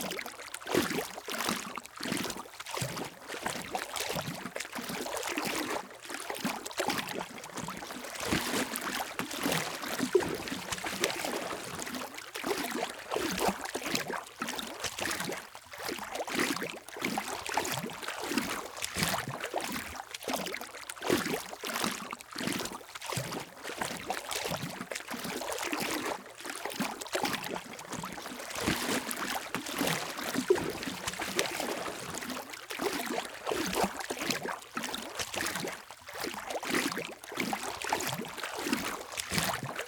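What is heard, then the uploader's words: Someone wades through shallow water, each step a close, bright splash and slosh. The splashes come in a quick, steady rhythm for the full length, dense enough that they blur into continuous churning, with no other sounds standing out behind them. Walking Through the Shallow Water. Water and nature sounds.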